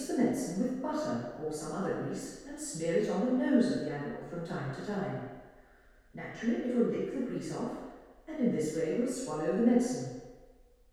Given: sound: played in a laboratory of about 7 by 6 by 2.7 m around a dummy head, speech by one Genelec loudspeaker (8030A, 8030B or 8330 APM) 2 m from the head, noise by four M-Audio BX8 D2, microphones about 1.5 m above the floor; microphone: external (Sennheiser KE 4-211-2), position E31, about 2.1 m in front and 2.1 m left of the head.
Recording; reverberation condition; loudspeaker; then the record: female speech in English; high; 60 degrees to the right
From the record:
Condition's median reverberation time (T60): about 1300 ms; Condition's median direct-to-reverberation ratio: about -4.0 dB